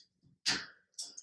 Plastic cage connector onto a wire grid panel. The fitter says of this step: clicking into place let's